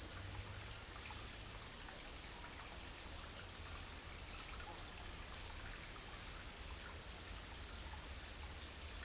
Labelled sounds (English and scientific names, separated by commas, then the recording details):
none
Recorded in dense forest near Puerto Asís, Putumayo, Colombia, on 21 December 2024 at 17:00
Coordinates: 0.467, -76.328
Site GP05